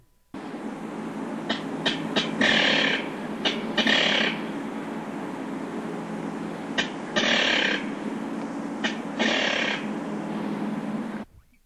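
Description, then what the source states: King rail giving several harsh, rough bursts of calls at uneven intervals over a steady background hiss. Second call type: a harsh, three-syllabled kick-kick-keer with emphasis on the second syllable, similar to Virginia Rail's kicker song.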